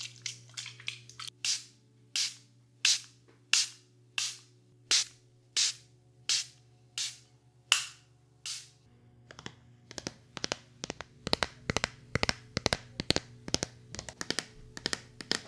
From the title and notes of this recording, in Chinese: Ear cleaning, No talking。无人声。